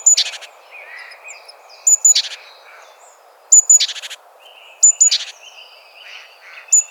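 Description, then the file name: Great tit call phrases, each a sharp high note then rasping churring bursts, given several times, over soft drawn-out whistles and a steady hiss. "Parus major"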